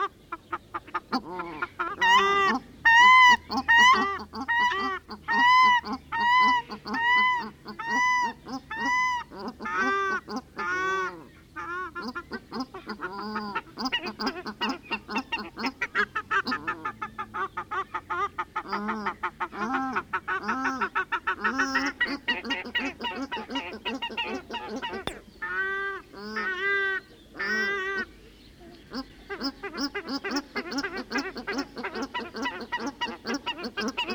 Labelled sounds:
Paradise Shelduck (Tadorna variegata)
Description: Paradise duck song
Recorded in New Zealand

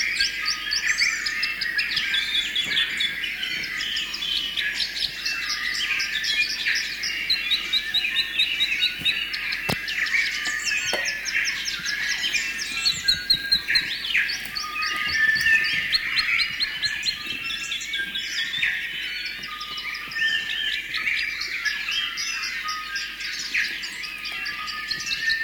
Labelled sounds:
New Zealand Bellbird (Anthornis melanura)
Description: Dawn chorus with bellbird/korimako in the foreground
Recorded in New Zealand

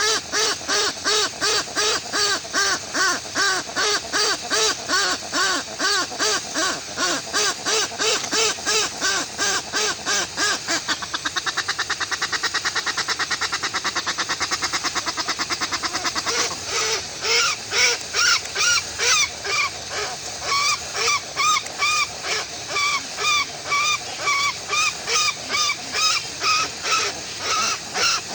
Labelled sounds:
Westland Petrel (Procellaria westlandica)
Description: Westland petrel/tāiko song
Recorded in New Zealand

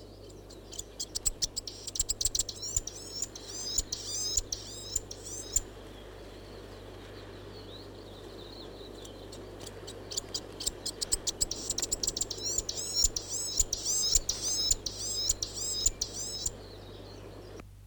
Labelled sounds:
New Zealand Fantail (Rhipidura fuliginosa)
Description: Fantail: Chatham Island fantail song
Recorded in New Zealand

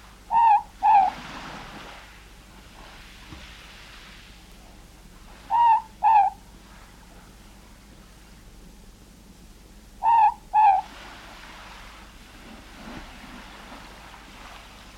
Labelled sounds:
Morepork (Ninox novaeseelandiae)
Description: Morepork/ruru song
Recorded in New Zealand

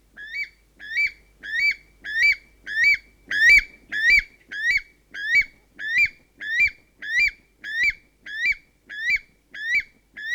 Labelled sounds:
Weka (Gallirallus australis)
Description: North Island weka song
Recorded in New Zealand

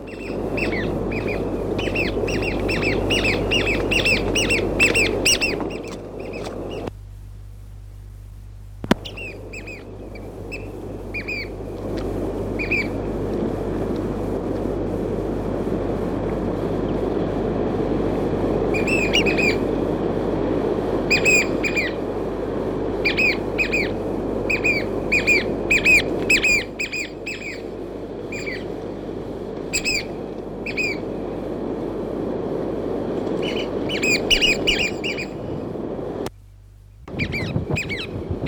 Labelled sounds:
Chatham Oystercatcher (Haematopus chathamensis)
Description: Chatham Island oystercatcher/tōrea song
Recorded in New Zealand

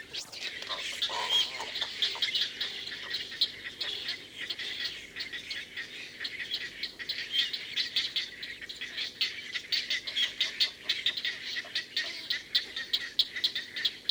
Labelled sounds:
Great Egret (Ardea alba)
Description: White heron/kōtuku song
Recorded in New Zealand

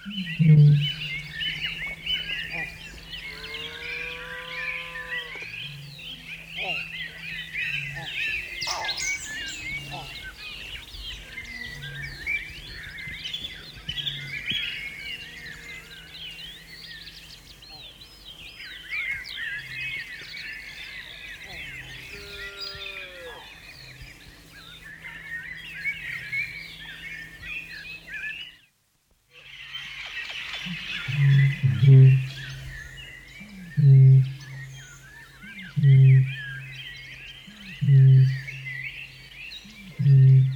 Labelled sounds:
Australasian Bittern (Botaurus poiciloptilus)
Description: Australasian bittern/matuku-hūrepo territorial call
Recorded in New Zealand

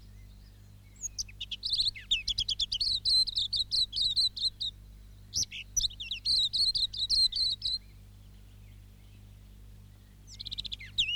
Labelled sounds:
Silvereye (Zosterops lateralis)
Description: Silvereye/wax-eye song
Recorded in New Zealand

